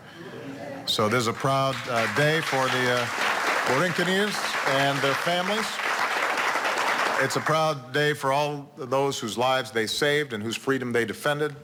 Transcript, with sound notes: So this is a proud day for the Borinqueneers and their families. (Applause.) It's a proud day for all of those whose lives they saved and whose freedom they defended.